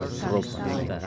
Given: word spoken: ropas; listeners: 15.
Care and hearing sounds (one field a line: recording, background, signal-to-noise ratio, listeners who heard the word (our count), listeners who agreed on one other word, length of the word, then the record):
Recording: one Spanish word in noise, from a listening test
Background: eight-talker babble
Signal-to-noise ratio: -1.0 dB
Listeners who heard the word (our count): 1 of 15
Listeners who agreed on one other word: 12 of 15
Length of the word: 0.67 s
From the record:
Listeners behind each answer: 12, 1, 1, 1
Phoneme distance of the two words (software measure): 7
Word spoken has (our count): 2 syllables, 5 phonemes, stress on syllable 1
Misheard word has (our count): 2 syllables, 4 phonemes, stress on syllable 1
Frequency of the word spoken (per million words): 14.15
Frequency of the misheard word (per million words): 60.38